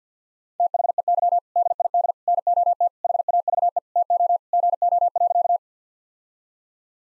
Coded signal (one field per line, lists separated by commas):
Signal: Morse code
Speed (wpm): 50 wpm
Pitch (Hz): 700 Hz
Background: none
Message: THEY DID NOT HAVE TO GO.